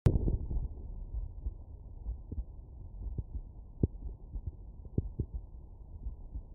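Heartbeat heard through a medical stethoscope on an adult: heart sounds.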